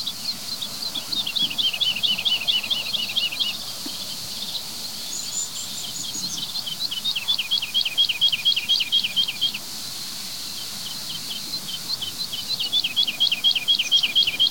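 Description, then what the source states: Woodlark song: quick series of repeated high notes, each sliding downward, broken by short pauses before new phrases resume. Song falls away and pauses repeatedly, unlike skylark's breathless song; sung hovering almost still directly overhead with many strong wingbeats, marking territory; directional microphone.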